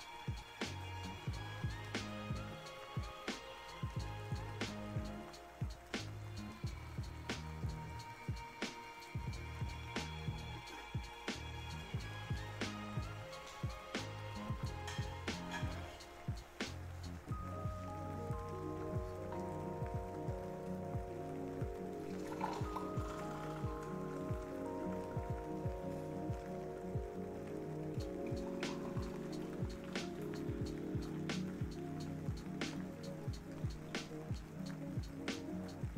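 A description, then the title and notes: Rainy tea-time ambience, with irregular drips and taps of rain over a low, soft rumble. From about sixteen seconds, steady pouring begins, its tone climbing gradually as a cup fills, and it continues to the end while the scattered drops keep ticking. Rainy tea time ambience. Kitchen. Tea brewing. Light rain.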